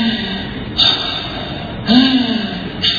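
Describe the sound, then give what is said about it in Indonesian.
A voice imitates the labored, rasping breathing of a comatose patient in an ICU: three harsh, noisy breaths about a second apart, the middle one loudest and longest, with a low throaty rattle under the hiss. “Nafas senar-senar gitu.”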